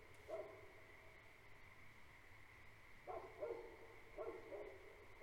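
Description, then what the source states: Great Pyrenees barking: one bark near the start, then several barks from about three seconds on, over a steady high-pitched frog chorus. Two livestock guardian dogs on a farm at night, barking for the first five minutes and periodically afterward; frog chorus in background; recorded March 2021.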